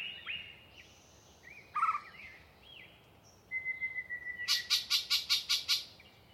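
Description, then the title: Yellow-breasted chat song with mixed whistles and a sharp note, then a long flat whistle followed by a rapid series of about seven loud harsh clucks. A particularly chatty individual giving a long pre-dawn song session in deciduous cover. "A Very Chatty Yellow-breasted Chat"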